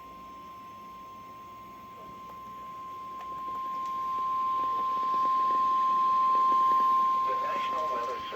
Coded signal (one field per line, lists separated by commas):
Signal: Emergency Alert System (SAME) tones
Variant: 1050 Hz attention tone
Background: speech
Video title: What's Sleep?..lol | EAS Alerts From 6/18-19/2021 (EAS #643-655)